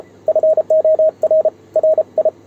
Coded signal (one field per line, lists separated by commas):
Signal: Morse code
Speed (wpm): 32 wpm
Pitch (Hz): 630 Hz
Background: radio noise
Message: FOR RI